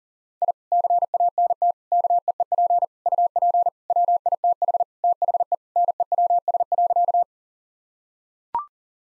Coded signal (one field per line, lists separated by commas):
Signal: Morse code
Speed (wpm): 37 wpm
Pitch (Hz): 700 Hz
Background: none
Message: I CANT KEEP UP WITH THE NEWS.